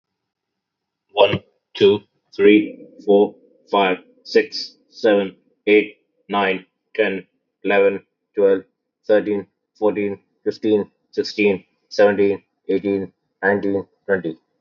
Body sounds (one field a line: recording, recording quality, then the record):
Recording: counting at a normal pace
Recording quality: excellent, no background noise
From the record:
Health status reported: healthy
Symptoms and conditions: none ticked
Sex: male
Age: 26 years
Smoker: not ticked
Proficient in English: yes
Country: India